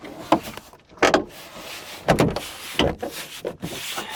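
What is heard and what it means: The plastic retaining clips of the third-door interior trim panel on a 1998 GMC 1500 pickup truck are pressed back into the door by hand. Sharp snaps ring out at 0.3, 1.0, 1.1, 2.1, 2.2 and 2.8 seconds over a low rubbing background. The clips seat and the panel is back in place.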